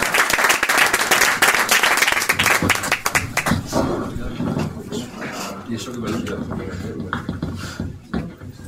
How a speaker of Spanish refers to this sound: Pido para él un aplauso y agradecerle que haya venido.